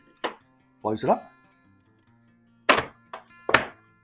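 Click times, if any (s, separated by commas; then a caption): 2.7 s, 3.6 s. The plastic lid of a budget vacuum sealer is closed over the end of a bag and pressed down into its base, latching with loud thunks at 2.7 s and 3.6 s, with a softer knock in between. Someone talks at the start. The lid locks shut and feels more solid than the other sealer.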